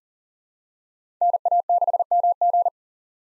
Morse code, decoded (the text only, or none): NA6MG